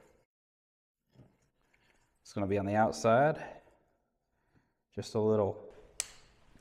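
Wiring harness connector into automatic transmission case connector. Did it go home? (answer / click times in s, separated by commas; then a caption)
yes / 6.0 s. A keyed plastic wiring harness connector is pushed onto the main connector on the outside of a 4L60E automatic transmission case. Someone talks, and then a sharp click at 6.0 s marks the connector seating home. The harness connector is removed by squeezing its sides.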